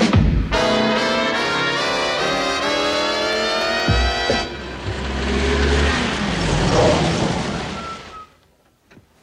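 A car engine turns over and catches, revving with a steady rising whine, then the car pulls away in a broad rumbling roar that gradually fades to quiet.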